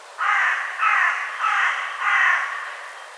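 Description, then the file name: Carrion crow calling four rasping caws in quick succession, each about half a second long. "Corvus corone"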